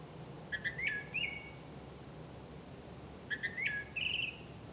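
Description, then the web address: Bird calls: two short rising notes followed by a longer wavering whistle, the phrase given twice with a gap of about two seconds; faint background hiss. "misc bird"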